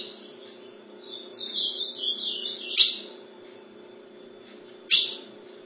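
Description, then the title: Ultramarine grosbeak song, a long undulating whistle, then two sharp clicks a couple of seconds apart. "Azulao"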